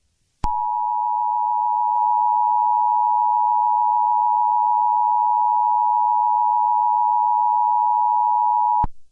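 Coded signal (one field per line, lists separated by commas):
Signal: Emergency Alert System (SAME) tones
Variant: 853 and 960 Hz attention tone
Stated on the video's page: Valid EAS tones interrupting a song performance.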